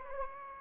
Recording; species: mosquito wingbeat signal from an infrared sensor; Anopheles gambiae